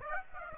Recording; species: mosquito wingbeat signal from an infrared sensor; Aedes aegypti